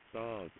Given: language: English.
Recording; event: throat vibration sensor signal played as sound; speech